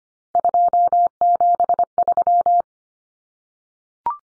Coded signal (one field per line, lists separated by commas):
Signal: Morse code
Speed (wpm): 25 wpm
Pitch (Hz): 700 Hz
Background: none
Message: 273